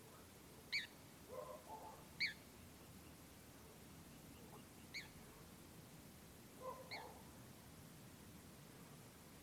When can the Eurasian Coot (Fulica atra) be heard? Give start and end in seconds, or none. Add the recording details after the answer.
0.71-0.88, 2.18-2.35, 4.93-5.08, 6.89-7.05. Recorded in France